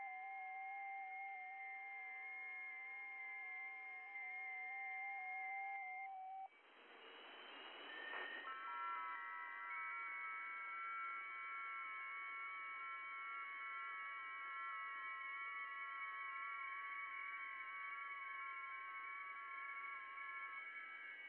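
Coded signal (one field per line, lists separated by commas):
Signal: FT8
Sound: many soft overlapping warbling tones, a short hissy pause, then a new set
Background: radio static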